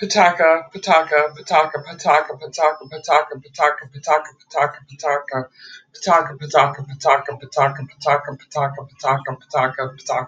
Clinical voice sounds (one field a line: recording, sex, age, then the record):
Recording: repeated syllables /pa ta ka/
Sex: female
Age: 40 to 49 years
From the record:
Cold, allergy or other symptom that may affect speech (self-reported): no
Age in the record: 40 years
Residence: Ohio, United States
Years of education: 18